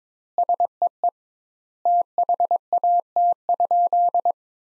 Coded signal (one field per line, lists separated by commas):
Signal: Morse code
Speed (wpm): 22 wpm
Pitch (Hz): 700 Hz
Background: none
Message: SEE THAT?